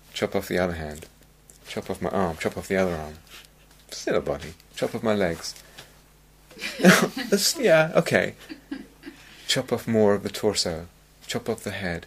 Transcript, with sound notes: Chop off the other hand, chop off my arm, chop off the other arm -- "Still a body." Chop off my legs. [laughter] "Yeah, okay." Chop off more of the torso. Chop off the head.